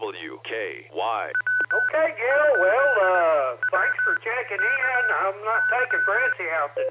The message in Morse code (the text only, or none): W8WKY